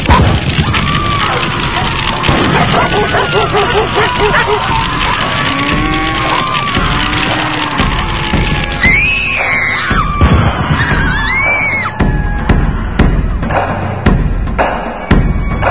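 Chaotic wailing and shrill screaming from women and children as fire burns on the roofs of a village's houses, with high rising cries piercing through continuous loud clamor, scattered thuds and crashes throughout.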